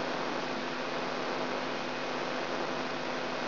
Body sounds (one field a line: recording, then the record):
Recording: brain microelectrode recording played as sound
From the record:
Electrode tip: inside the subthalamic nucleus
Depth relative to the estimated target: 0 mm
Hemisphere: left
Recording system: AlphaMap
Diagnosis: Parkinson's disease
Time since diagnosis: 16 years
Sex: female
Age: 67 years